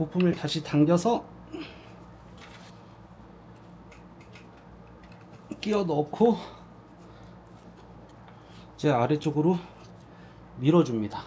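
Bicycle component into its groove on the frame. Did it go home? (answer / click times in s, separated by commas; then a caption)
no / none. Someone talks while a bicycle component is lined up and held in its groove on the frame, ready to be pushed downward. Faint handling noises sit between the speech, with a small tap near 5.5 s, but nothing has seated or clicked yet.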